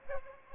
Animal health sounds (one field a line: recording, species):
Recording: mosquito wingbeat signal from an infrared sensor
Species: Aedes aegypti